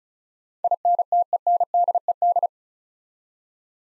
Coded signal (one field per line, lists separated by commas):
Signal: Morse code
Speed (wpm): 36 wpm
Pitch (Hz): 700 Hz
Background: none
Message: INTENDED